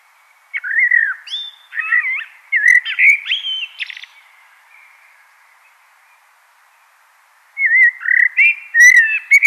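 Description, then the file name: Common blackbird song: a longer phrase of rich whistles and squeaky high flourishes, then quiet, then a fresh burst of fluted warbling. "Turdus merula"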